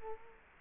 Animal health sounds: mosquito wingbeat signal from an infrared sensor; Culex quinquefasciatus

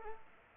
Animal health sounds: mosquito wingbeat signal from an infrared sensor; Culex pipiens

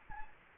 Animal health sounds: mosquito wingbeat signal from an infrared sensor; Anopheles gambiae

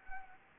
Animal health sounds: mosquito wingbeat signal from an infrared sensor; Anopheles gambiae

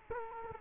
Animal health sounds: mosquito wingbeat signal from an infrared sensor; Culex quinquefasciatus

